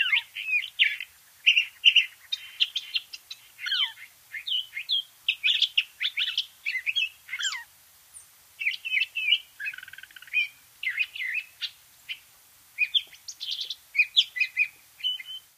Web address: Songs of Birds of North America Know Your Bird Sounds Common Western Species 27-Curve-billed Thrasher